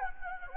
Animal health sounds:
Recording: mosquito wingbeat signal from an infrared sensor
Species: Anopheles gambiae

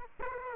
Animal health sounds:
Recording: mosquito wingbeat signal from an infrared sensor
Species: Aedes aegypti

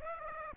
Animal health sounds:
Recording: mosquito wingbeat signal from an infrared sensor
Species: Aedes aegypti

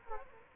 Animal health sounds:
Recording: mosquito wingbeat signal from an infrared sensor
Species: Culex quinquefasciatus

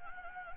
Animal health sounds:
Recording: mosquito wingbeat signal from an infrared sensor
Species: Anopheles gambiae

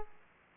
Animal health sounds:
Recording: mosquito wingbeat signal from an infrared sensor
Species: Aedes aegypti

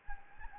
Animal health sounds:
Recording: mosquito wingbeat signal from an infrared sensor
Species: Anopheles gambiae

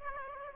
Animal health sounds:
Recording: mosquito wingbeat signal from an infrared sensor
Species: Aedes aegypti

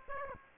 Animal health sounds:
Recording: mosquito wingbeat signal from an infrared sensor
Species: Aedes aegypti

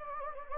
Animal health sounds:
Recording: mosquito wingbeat signal from an infrared sensor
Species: Anopheles gambiae

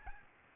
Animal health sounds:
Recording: mosquito wingbeat signal from an infrared sensor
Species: Aedes albopictus

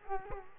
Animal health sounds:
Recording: mosquito wingbeat signal from an infrared sensor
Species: Culex quinquefasciatus

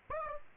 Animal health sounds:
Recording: mosquito wingbeat signal from an infrared sensor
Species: Aedes aegypti

